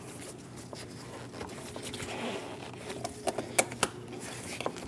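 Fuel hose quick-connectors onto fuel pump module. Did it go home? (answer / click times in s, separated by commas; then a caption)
yes / 3.6 s, 3.8 s. Fuel hoses with plastic quick-connectors are pushed onto the fuel pump module ports of a 2016-2025 Chevrolet Malibu 1.5L L4. Soft rustling and handling noise gives way to two sharp clicks at 3.6 s and 3.8 s, with fainter ticks around them. The connectors are seated so they can't come off.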